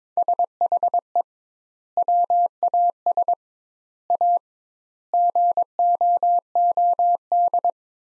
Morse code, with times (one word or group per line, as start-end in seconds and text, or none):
0.2-1.2 SHE
2.0-3.3 WAS
4.1-4.4 A
5.1-7.7 GOOD